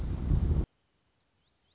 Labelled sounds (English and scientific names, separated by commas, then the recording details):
Lazuli Bunting (Passerina amoena)
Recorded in Sonoma County, California